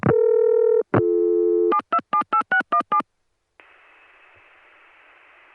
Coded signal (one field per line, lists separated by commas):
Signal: DTMF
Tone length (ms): 90 ms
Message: 7278617